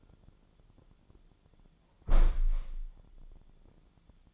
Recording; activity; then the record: daily activity, microphone in the room; close window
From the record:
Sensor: 5